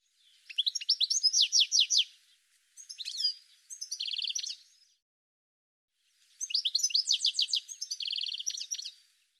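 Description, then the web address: Bird delivering several fast phrases of sharp high notes mixed with dry buzzy trills, with a pause of over a second midway. "cianscape birddata Deverinetal 2025 File cleaned normalized Bird"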